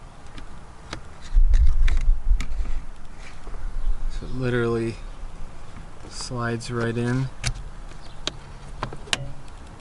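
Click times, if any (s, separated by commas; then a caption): 9.1 s. A new headlight and turn-signal stalk with an added fog light switch is slid onto the steering column combination switch housing of a Mazda3 and pushed home, with soft sliding and handling clicks while someone talks. A sharp plastic snap at 9.1 s marks the stalk seating in place.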